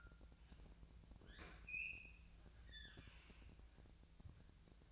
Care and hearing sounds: daily activity, microphone in the room; open fridge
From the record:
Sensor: 2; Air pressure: 999.9 hPa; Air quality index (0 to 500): 124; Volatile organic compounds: 2 ppm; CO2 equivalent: 1066 ppm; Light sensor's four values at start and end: 32/80/34/38 and 32/79/34/37

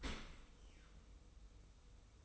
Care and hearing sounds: daily activity, microphone in the room; open dishwasher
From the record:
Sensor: 1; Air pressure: 990.4 hPa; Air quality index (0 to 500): 175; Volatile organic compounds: 1000 ppm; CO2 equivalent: 6444 ppm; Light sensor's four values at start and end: 24/55/23/25 and 24/55/23/25

